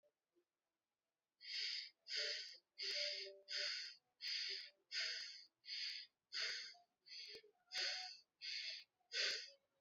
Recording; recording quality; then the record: shallow breathing; excellent, no background noise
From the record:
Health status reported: healthy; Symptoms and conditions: cough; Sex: male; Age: 27 years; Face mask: not worn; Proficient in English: yes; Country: India